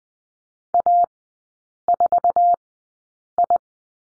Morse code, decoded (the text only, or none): A4I